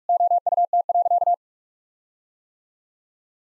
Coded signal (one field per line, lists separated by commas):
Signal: Morse code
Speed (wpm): 46 wpm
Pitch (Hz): 700 Hz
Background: none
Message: OUT.